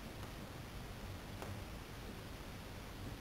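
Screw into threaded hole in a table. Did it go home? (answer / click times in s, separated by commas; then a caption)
no / none. A screw is turned backwards, counter-clockwise, in a threaded hole in a table, lining it up so its thread start can drop into the mating thread. Only faint rustling handling noise over a steady hiss is heard, with one brief tick near 1.4 s. Nothing has clicked or seated yet, and the screw is not yet home.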